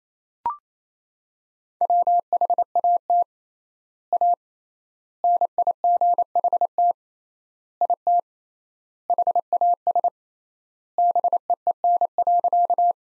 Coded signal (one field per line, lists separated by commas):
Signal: Morse code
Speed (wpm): 28 wpm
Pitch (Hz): 700 Hz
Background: none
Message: WHAT A NIGHT IT HAS BEEN.